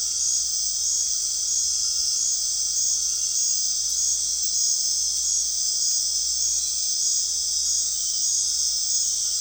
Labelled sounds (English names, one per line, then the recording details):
none
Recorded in dense forest near Puerto Asís, Putumayo, Colombia, on 13 March 2025 at 21:00
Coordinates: 0.499, -76.324
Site GP03